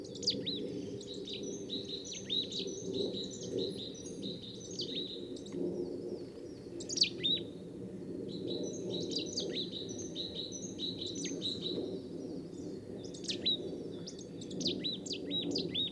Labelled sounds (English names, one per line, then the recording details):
Marsh Tit call
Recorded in the wild
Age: adult
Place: Kaiserslautern, Rheinland-Pfalz, DE
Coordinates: 49.4372, 7.80972
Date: 1978-02-28
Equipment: Nagra IV, Sennheiser MKH 405, Parabolreflektor
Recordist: Tretzel, Erwin